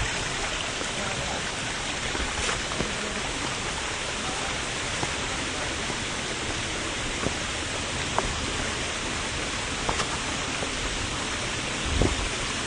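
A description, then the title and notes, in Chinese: A mountain spring stream rushes in a steady, dense hiss, with faint clicks and a brief louder splash near the end. 3D录音 山涧泉水。前两天的下午跑到学校后面的岳麓山小路上录的。估计因为是傍晚了，没什么鸟叫。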